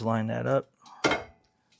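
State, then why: Seated. Someone talks while lining up the removable end gate of a Trail-Monster bike cargo trailer (matte black, 275 lb capacity) and pushing it into its slot in the trailer frame. A sharp metallic clink at 1.0 s marks the gate panel snapping into place, seated, followed by a couple of faint small knocks.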